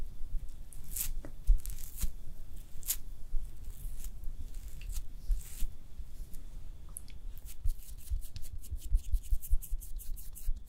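Soft makeup sounds with no talking: brushing and rubbing strokes with a steady low rumble underneath. Bright swishes and taps come irregularly in the first seconds, then a quick run of short crisp ticks from about seven seconds to the end.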